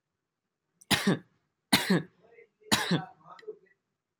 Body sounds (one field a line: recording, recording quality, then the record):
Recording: shallow voluntary cough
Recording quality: excellent, no background noise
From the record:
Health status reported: healthy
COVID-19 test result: not tested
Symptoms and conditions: cough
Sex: male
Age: 18 years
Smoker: not ticked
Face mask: not worn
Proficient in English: yes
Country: India